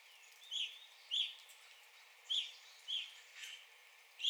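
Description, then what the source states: Evening grosbeak giving bright chirps, about six notes at uneven intervals, over a faint hiss. Recorded 9 April 2021.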